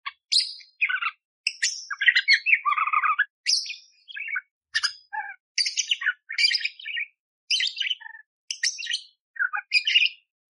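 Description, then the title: Budgerigar warbling song: rapid chattering, scratchy chirps and squeaky notes in short bursts separated by brief pauses, steady throughout. Clear, active budgerigar singing coarse 'tembakan' fills, used as training song for magpie-robins. "Masteran Burung Parkit Gacor Jernih Isian Tembakan Kasar Cocok Buat Kacer"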